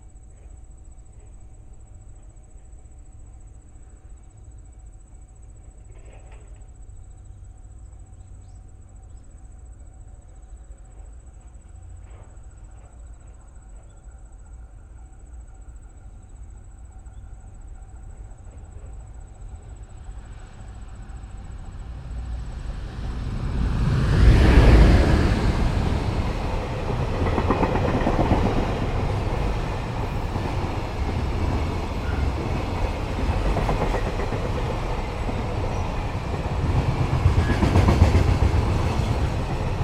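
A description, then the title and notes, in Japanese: A ground cricket keeps up a thin, steady, high-pitched trill over a quiet, low hum for the first twenty seconds. From about 23 seconds a loud, rumbling train-like roar swells in, peaks near 25 seconds, and stays heavy and rattling to the end, drowning the insect. JR羽越本線 羽前大山駅にて。カワラスズは本来のすみかは名前の通り河原ですが、鉄道路線の敷石にも広く生息しています。ZOOM F6, Sennheiser MKH8020。鶴岡市 ホームでマイク。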